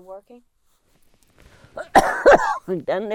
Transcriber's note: coughs